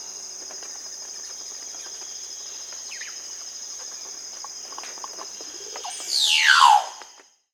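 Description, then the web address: Casqued oropendola call, a single loud liquid note sweeping steeply downward near the end, over a steady high insect drone and faint scattered clicks. Recorded in the Amazon, Peru. "Birds of the Amazon 3. Casqued Oropendola (Psarocolius oseryi), Peru"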